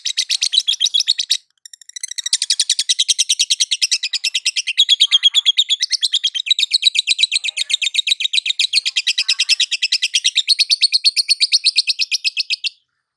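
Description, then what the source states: Lovebird trilling song: a long, fast, unbroken rattle of high chirps, steady in pace, with one brief pause early on. Lovebird singing in the 'konslet' song style; used as a masteran (training) recording.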